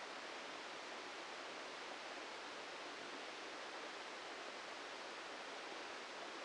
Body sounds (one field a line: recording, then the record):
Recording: brain microelectrode recording played as sound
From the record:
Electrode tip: inside the subthalamic nucleus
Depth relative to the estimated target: 1 mm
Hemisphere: left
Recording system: NeuroSet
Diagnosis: Parkinson's disease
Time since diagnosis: 14 years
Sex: male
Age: 51 years